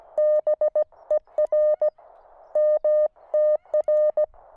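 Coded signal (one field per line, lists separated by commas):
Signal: Morse code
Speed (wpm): 17 wpm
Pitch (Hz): 610 Hz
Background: none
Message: BER MTR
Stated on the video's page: QRP portable station using a Weber MTR with 4S tuner and QRPGuys tri-band vertical antenna, operated while camping.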